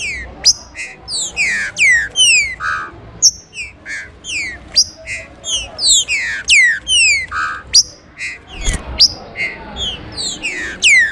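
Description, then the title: Green-winged Saltator song of bright, steeply falling whistles mixed with short buzzy notes, delivered in quick bursts with brief gaps. "Trinca Ferro"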